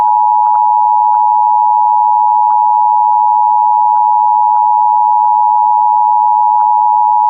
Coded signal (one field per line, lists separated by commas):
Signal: Emergency Alert System (SAME) tones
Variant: 853 and 960 Hz attention tone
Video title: [EAS] Polk County (Fosston Area) Severe Thunderstorm Warning (7/6/26)